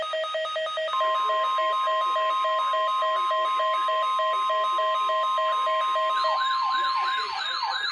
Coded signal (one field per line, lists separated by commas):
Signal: Emergency Alert System (SAME) tones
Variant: 1050 Hz attention tone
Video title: EAS #1015-1019 - WXL39 KIH28 WXM60 KZZ31 and WNG704 Required Weekly Tests 4-15-2015